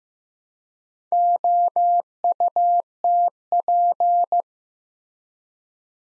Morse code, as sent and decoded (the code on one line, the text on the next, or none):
--- ..- - .--.
OUTP